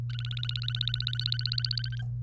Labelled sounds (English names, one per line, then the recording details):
Domestic Canary song
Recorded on 30 April 2018 at 14:39
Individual llb3